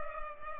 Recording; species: mosquito wingbeat signal from an infrared sensor; Culex pipiens